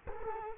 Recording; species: mosquito wingbeat signal from an infrared sensor; Culex quinquefasciatus